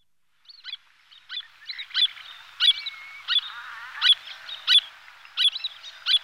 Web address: brachyramphus perdix